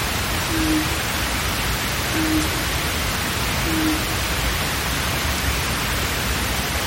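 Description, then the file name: Japanese night heron uttering three low hoots in the first four seconds, then only steady heavy hiss remains. "mizogoi"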